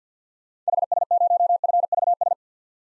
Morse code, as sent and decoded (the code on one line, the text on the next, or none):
.... ... ----- ..-. ...- ...
HS0FVS